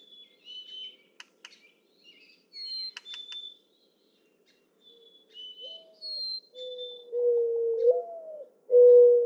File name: Mourning Dove